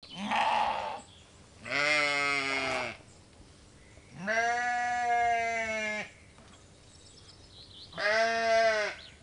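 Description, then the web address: Sheep bleating, four drawn-out bleats about one to two seconds long, separated by quiet gaps. "orbis pictus orbis dictus Schaf"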